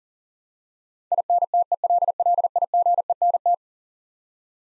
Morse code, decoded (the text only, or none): INTELLIGENT